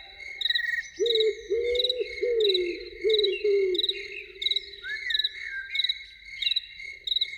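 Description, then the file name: Loon giving low arched, wavering calls in quick succession for about three seconds, over a dense, steady chorus of chirping crickets. Evening. "Evening with Loons"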